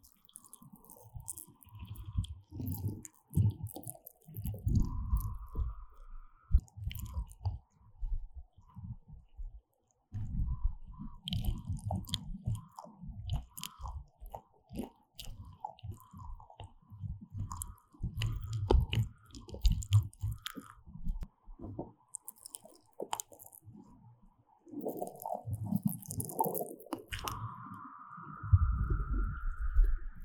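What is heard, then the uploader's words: Rough, low thumping and rubbing from mic touching and brushing in dense bursts, with a steady mid tone and brief gaps near ten and twenty-five seconds. NO Talking.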